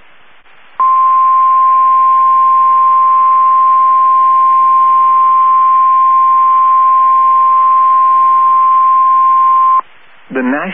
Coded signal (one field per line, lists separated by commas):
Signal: Emergency Alert System (SAME) tones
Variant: 1050 Hz attention tone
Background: speech